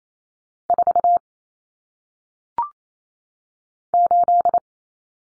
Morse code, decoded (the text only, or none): 4 8